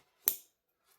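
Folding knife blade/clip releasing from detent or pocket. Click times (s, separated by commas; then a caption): 0.3 s. A Finch Undertaker folding knife with a sapphire blue titanium pocket clip is drawn and comes free of its hold, the blade leaving its detent or the clip releasing from the pocket. A single sharp, bright click sounds at 0.3 s, ringing briefly before fading by about 0.45 s, followed by a faint soft rustle near 0.9 s. The knife is released from its hold.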